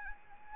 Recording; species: mosquito wingbeat signal from an infrared sensor; Anopheles arabiensis